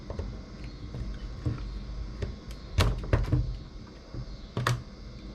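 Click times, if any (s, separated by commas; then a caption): 4.7 s. A DDR4 memory module is lined up with the motherboard DIMM slot's notch, pushed toward the slot's fixed side and pressed down, with soft knocks and thumps as it goes in. At 4.7 s the slot's retention clip snaps shut with a sharp click, and the module is seated.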